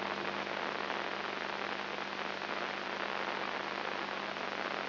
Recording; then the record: brain microelectrode recording played as sound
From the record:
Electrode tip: inside the subthalamic nucleus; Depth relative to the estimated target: 0.5 mm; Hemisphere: left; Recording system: AlphaMap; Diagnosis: Parkinson's disease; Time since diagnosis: 7 years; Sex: female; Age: 55 years